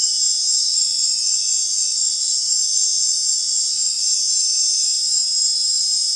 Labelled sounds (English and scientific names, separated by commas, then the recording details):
none
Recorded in secondary vegetation near Puerto Asís, Putumayo, Colombia, on 23 June 2025 at 19:30
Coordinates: 0.499, -76.323
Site G077